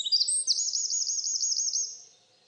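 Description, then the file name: Eurasian wren singing a high, rapid, rolling trill of repeated looping notes, about two seconds long, then quiet. "Troglodytes troglodytes"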